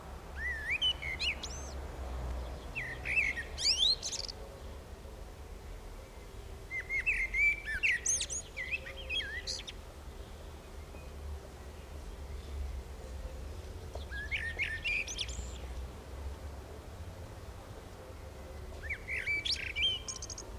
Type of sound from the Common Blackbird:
song